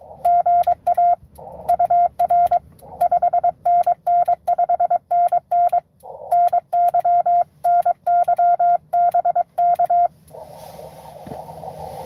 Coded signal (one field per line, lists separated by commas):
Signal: Morse code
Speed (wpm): 22 wpm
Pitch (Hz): 700 Hz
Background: none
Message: GA UR 5NN 5NN NY NY BK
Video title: N2AKJ is live! doing a 12days of xmas pota #12daysofxmas #n2akj #pota #morsecode